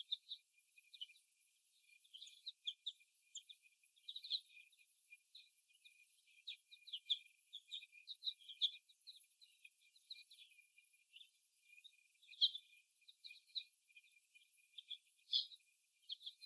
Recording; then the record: young laying hens in a cage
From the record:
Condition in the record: after the stressor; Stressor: simulated dog barking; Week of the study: 1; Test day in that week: 1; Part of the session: 3